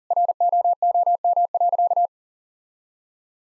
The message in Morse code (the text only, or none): ROOM.